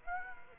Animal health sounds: mosquito wingbeat signal from an infrared sensor; Aedes aegypti

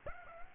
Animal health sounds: mosquito wingbeat signal from an infrared sensor; Aedes aegypti

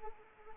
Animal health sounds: mosquito wingbeat signal from an infrared sensor; Anopheles arabiensis

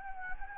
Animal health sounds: mosquito wingbeat signal from an infrared sensor; Anopheles gambiae

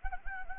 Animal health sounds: mosquito wingbeat signal from an infrared sensor; Anopheles gambiae

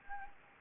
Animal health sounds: mosquito wingbeat signal from an infrared sensor; Anopheles gambiae

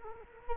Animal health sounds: mosquito wingbeat signal from an infrared sensor; Culex quinquefasciatus

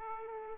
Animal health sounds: mosquito wingbeat signal from an infrared sensor; Aedes aegypti

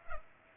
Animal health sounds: mosquito wingbeat signal from an infrared sensor; Culex pipiens

